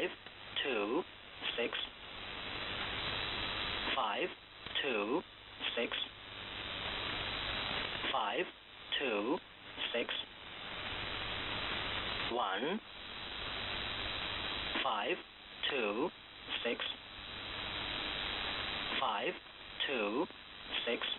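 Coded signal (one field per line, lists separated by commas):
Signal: numbers station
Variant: E07 English Man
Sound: male voice reading digits 5 2 6 repeatedly, then 1, over shortwave hiss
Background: radio static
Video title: E07 English Man, SVR, 137 groups, 17:20 12227kHz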